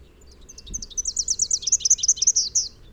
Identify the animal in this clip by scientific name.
Basileuterus rufifrons